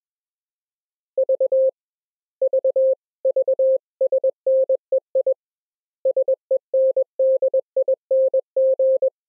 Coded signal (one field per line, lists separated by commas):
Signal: Morse code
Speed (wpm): 21 wpm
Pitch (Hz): 530 Hz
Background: none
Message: V V VSNEI SENDING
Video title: Secure Reliable Transport Protocol(SRT) for a Full Duplex Morse Code Audio over iP QSO - LIVE DEMO